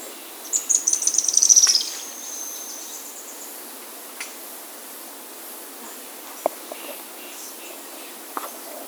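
Bird song: a sharp, very high trill of rapid notes early on, descending a little, then a thin fading tone and a few isolated clicks.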